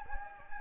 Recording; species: mosquito wingbeat signal from an infrared sensor; Anopheles gambiae